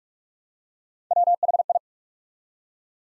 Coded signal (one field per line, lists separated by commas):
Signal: Morse code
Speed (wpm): 44 wpm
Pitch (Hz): 700 Hz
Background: none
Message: WHI